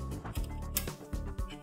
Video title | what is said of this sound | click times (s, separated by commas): IdeaPad 310 / 510 Notebook - Optical Drive Replacement | press until it snaps into place | 0.8 s